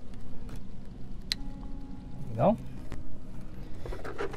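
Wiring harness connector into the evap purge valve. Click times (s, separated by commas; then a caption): 1.3 s. On an EcoBoost Mustang getting a new evap purge valve to fix code P1450C, the wiring harness electrical connector is pushed onto the valve. A single sharp, loud click at 1.3 s shows the connector is seated. Someone talks briefly against low background noise.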